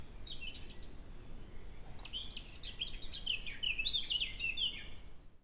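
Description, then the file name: Eurasian blackcap warbling in a quick, jumbled stream of scratchy and whistled notes that grows louder in its second half, with a low background hum. "Sylvia atricapilla"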